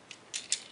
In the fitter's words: Alors de temps en temps, ça a tendance quand même à se décrocher. Voilà, la preuve c'est fait.